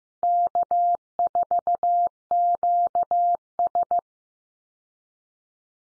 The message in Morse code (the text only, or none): K4QS